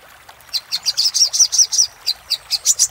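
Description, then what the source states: Little spiderhunter calling with evenly spaced, high, sharp chip notes, about five per second. Used for training cage birds.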